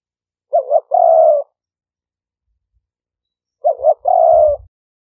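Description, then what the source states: Spotted dove giving two cooing phrases, each a quick doubled note then a long slightly falling coo, with a low thumping sound during the second phrase. Vietnamese cooing style called "5 hậu".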